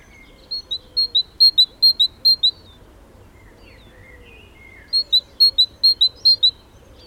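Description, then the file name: Great tit repeating sharp two-note whistles in two fast bursts of several phrases each, separated by a quiet gap with softer chirps. "Parus major"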